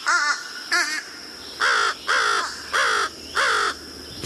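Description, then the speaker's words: Fish Crow calls, two short wavering notes followed by four longer nasal caws spaced about 0.6 seconds apart. Nasal calls that sound like the bird could use cold medicine; eastern U.S.; joins American crow flocks in winter in cities and landfills. "So, if you hear a bird in your neighborhood that sounds like it could use some cold medicine, keep an eye out for fish crows."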